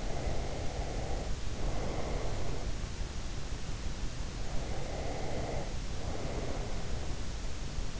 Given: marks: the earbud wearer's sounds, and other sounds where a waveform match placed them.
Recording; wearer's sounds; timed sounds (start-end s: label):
sounds in sleep by an in-ear microphone; breath
0.00-2.61 s: breath
4.65-7.01 s: breath